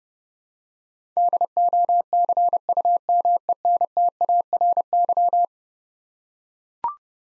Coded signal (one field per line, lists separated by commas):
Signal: Morse code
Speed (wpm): 30 wpm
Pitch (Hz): 700 Hz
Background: none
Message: DOCUMENTARY